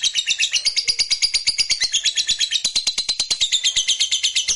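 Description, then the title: Lovebird delivers a steady, piercing trill of rapid pulses throughout. Fighter lovebird performing ngekek panjang, a long trill. "Begitu Dengar Suara Lovebird FIGHTER NGEKEK PANJANG"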